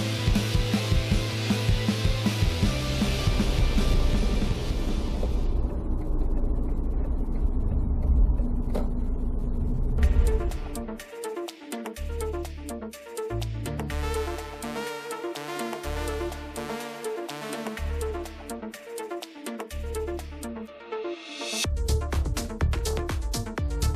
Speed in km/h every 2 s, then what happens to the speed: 62, 48, 34, 28, 25, 17, 8, 4, 0, 0, 0, 1.
0-16 brakes to 0. 16-22 standing.